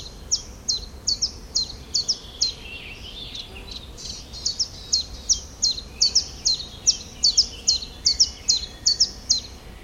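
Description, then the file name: Common chiffchaff song: a long sequence of crisp, high downslurred notes in even rhythm, briefly interrupted by softer sounds before the series resumes. "zilpzalp"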